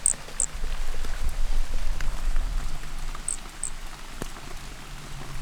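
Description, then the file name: Pumpkin toadlet calls: short, high, squeaky notes in two quick pairs, one pair at the start and another a few seconds later, over loud, continuous rain. Brachycephalus species, individual 3, Trilha do Corisco, 12 December 2017; microphone floated; MHNCI collection. "MHNCI Brachycephalus sp Trilha do Corisco ind 3 microfone flutuou 12 dez 2017"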